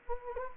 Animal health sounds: mosquito wingbeat signal from an infrared sensor; Anopheles gambiae

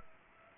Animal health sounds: mosquito wingbeat signal from an infrared sensor; Aedes aegypti

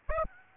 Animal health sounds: mosquito wingbeat signal from an infrared sensor; Aedes aegypti

